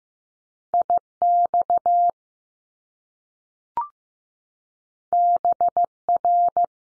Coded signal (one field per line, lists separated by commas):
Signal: Morse code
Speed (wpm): 15 wpm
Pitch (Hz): 700 Hz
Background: none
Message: I X B R